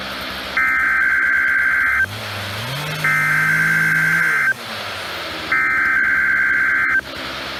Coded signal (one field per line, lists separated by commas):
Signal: Emergency Alert System (SAME) tones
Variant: header bursts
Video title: NOAA Required Weekly Tests (EAS #962-963)